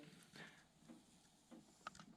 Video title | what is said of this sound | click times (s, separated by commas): John Deere F932 PTO Rebuild - George Jones Mower Build - PART 3 | so the pto easily snaps in place | 1.9 s